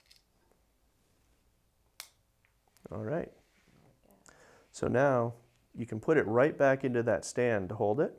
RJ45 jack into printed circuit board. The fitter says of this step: so it may require a little bit of force to get it to pop down and snap into place